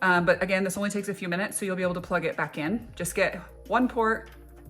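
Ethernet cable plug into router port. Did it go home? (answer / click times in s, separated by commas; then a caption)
no / none. An Ethernet cable's plastic RJ45 plug is handled near a free port on a home router while someone talks over light music. Nothing has seated or clicked into the port yet.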